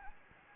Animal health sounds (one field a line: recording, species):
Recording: mosquito wingbeat signal from an infrared sensor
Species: Anopheles gambiae